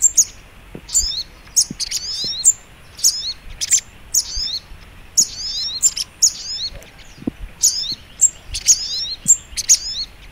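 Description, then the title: Little Spiderhunter gives a busy series of piercing high chips and short falling twitters, packed tightly with brief pauses. Masteran (training) recording, labelled Labaik. "Masteran Burung Sogok Ontong Labaik"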